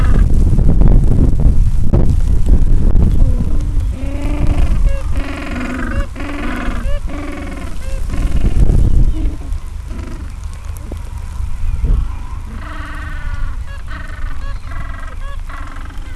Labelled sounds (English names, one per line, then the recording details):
Gentoo Penguin
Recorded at the colony at Gold Harbour, on 26 December 2014
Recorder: Song Meter SM2+